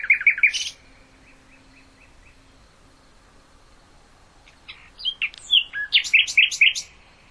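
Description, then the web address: Common nightingale song: a quick trill of repeated notes with fading echoes, a long quiet stretch, then a lively run of varied sharp notes. "hoeren nachtigall"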